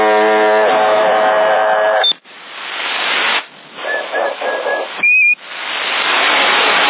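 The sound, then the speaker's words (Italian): Hissing CB radio static with a couple of short, high-pitched transmission beeps cutting through it, after an opening burst of buzzy, droning tone; no one speaks. Recorded in Sassari, August 2011. “Ti sente il bip, però tu non esci, non stai uscendo,”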